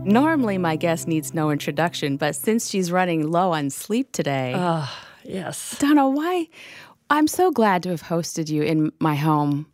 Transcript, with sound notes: Normally, my guest needs no introduction, but since she’s running low on sleep today...
[deep sigh] Yes!
Donnah, I’m so glad to have hosted you in my home